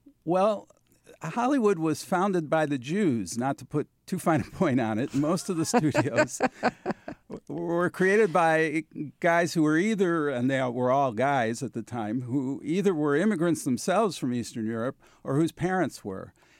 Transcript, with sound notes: Well, Hollywood was founded by the Jews, not to put too fine a point on it. Most of the studios...
(Laughter).
...Were created by guys who were either - and they were all guys at the time - who either were immigrants themselves from Eastern Europe or whose parents were.